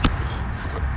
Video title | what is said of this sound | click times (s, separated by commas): 2003-2007 Infiniti G35 Lightweight Crankshaft pulley & Front Main Seal Install | here we're going to hear this thing snap | 0.1 s